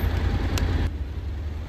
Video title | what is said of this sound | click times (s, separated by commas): J’installe un CarPlay sur le X-ADV. Feat Carpuride￼ | là ça s'enclenche un peu mal | 0.6 s